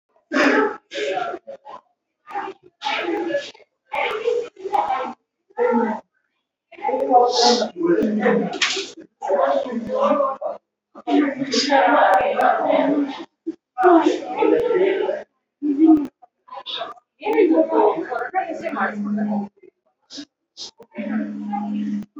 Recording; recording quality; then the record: counting at a normal pace; poor, much background noise or distortion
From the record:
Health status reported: recovered from COVID-19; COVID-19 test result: positive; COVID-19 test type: RT-PCR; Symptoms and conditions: cough, cold, sore throat, fever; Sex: female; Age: 31 years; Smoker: no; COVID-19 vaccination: both doses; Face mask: worn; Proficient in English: yes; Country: India